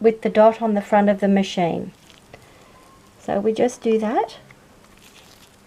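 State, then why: Not seated. A plastic lead clip connector is handled and lined up with the triangle matching the dot on the front of a Holter monitor recorder, to be pushed in by squeezing its two sides, while someone talks. A few faint ticks and handling sounds are heard between the speech, but nothing has seated or clicked yet.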